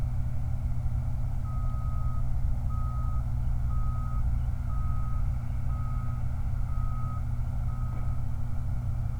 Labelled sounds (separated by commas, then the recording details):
truck
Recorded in the Prudhoe Bay oil fields, Alaska, on 29 July 2019
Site 29